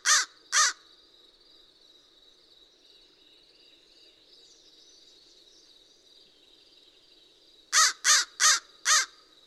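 American crow with two coarse caws at the start, a long quiet stretch with a steady high hum, then a closing run of four harsh caws.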